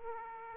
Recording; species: mosquito wingbeat signal from an infrared sensor; Aedes aegypti